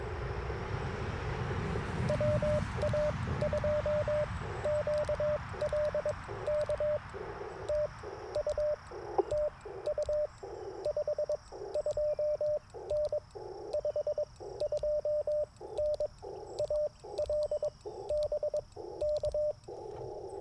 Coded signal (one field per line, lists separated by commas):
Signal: Morse code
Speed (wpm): 22 wpm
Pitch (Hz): 600 Hz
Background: radio noise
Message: WA2QL K TU TU 52N 52N AL BK